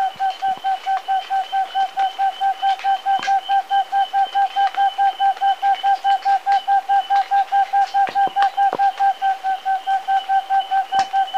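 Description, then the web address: Rufescent screech-owl giving a long, fast, even series of soft hoots, steady in pitch and rhythm throughout, with faint clicks in the background. Recorded in Ecuador. "Birds of Ecuador. Rufescent Screech-Owl"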